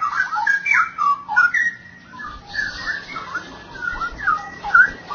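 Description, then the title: Oriental magpie-robin singing a steady stream of varied whistled notes and slurs. "Kicau Kacer"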